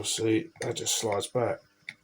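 A component on the receiver of a Crosman DPMS SBR replica air rifle is handled during maintenance, being slid back toward its position in the rifle body while someone talks. A short sharp tick comes near the end. Nothing has seated or clicked into place yet.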